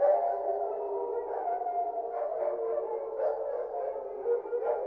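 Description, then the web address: Wolf: wolves howling together, several long overlapping tonal wails held steady with slight wavering, forming a dense continuous chorus. "1001 Sound Effects. Wolves"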